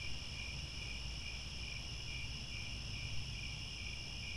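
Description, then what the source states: Crickets give an unbroken shrill chirping, quick regular pulses stacked with higher steady trills, over low background rumble. Chorus of crickets at twilight, as the sun sets and stars come out.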